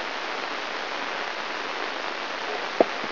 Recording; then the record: brain microelectrode recording played as sound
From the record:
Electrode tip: inside the subthalamic nucleus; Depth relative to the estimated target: 2.5 mm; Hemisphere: left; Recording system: AlphaMap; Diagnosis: Parkinson's disease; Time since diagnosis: 21 years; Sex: female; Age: 61 years